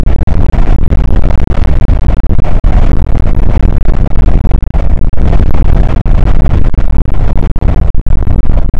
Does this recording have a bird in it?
no